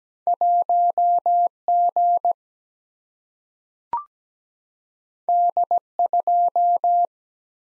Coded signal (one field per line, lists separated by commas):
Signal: Morse code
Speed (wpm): 17 wpm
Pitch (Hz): 700 Hz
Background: none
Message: 1 G D 2